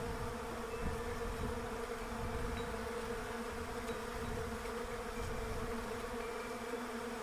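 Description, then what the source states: Bees humming as a continuous drone, thick and unchanging, with a few faint high thin tones above it. Bees in a Russian olive tree.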